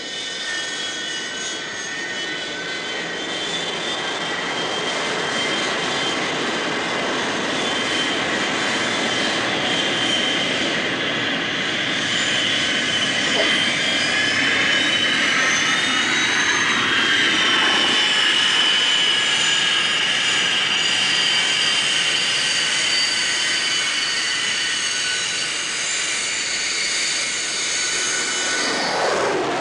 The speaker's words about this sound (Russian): Самолет идет на посадку.